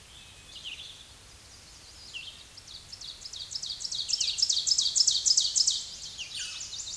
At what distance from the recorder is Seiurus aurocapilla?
about 5 m